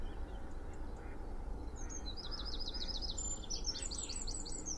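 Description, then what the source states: Birds in a dawn chorus: rapid repeated high notes and trills, over a constant low rumble of traffic. Spring dawn chorus in Cheshire, UK, with distant traffic noise.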